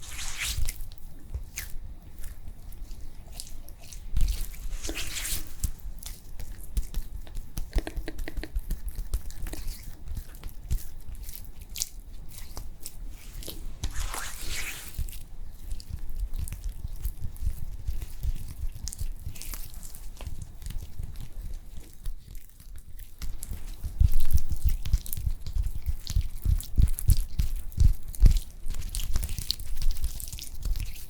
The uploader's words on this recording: ASMR After Sun Facial Care Cooling SPA Treatment (Layered + No Talking).